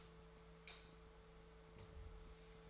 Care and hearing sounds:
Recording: daily activity, microphone in the room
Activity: light off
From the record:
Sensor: 3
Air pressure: 1014.8 hPa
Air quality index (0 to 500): 194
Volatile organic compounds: 25 ppm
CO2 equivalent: 2836 ppm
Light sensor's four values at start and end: 41/105/45/48 and 39/97/41/45

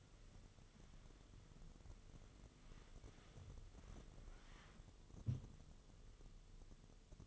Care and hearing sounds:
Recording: daily activity, microphone in the room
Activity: wipe stove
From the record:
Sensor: 4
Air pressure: 1016.0 hPa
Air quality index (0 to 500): 138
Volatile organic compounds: 4 ppm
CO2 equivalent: 1557 ppm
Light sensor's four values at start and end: 8/18/7/7 and 9/19/7/7

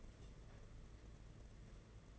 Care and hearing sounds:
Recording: daily activity, microphone in the room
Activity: take from stove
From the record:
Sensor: 4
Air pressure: 992.8 hPa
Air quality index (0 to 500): 175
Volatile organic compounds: 327 ppm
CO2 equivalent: 4538 ppm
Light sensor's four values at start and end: 4/10/4/4 and 4/10/4/4

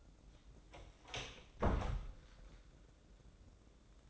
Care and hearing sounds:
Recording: daily activity, microphone in the room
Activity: close door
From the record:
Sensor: 3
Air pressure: 1012.3 hPa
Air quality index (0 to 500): 182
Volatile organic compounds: 3 ppm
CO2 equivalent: 1386 ppm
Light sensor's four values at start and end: 582/1449/599/617 and 581/1446/598/616

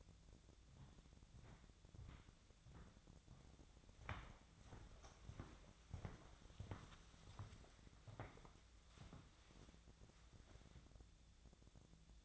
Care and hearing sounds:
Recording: daily activity, microphone in the room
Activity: walk to room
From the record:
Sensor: 3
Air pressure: 1000.0 hPa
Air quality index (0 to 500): 123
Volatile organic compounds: 2 ppm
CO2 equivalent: 1108 ppm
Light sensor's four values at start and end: 38/93/40/44 and 38/93/40/44

